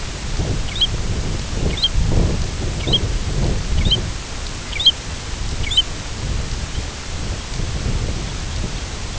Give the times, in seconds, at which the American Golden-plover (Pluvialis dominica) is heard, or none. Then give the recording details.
0.58-0.92, 1.63-1.93, 2.73-3.01, 3.70-4.01, 4.59-4.96, 5.50-5.86. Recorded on Arctic tundra, site IGLO-F, on 19 June 2018. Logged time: 06:00